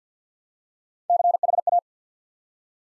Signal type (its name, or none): Morse code